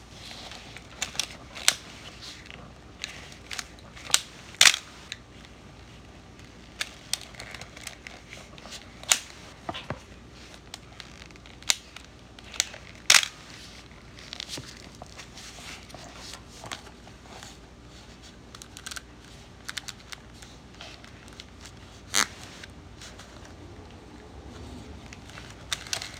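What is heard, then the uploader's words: Someone fiddles with an old camera, pressing buttons and turning the lens. Sharp clicks and snaps come every second or two, a few louder ones near five, thirteen and twenty-two seconds, with soft handling rustle between them. Fiddling with an old camera. I love fiddling with the buttons and lens.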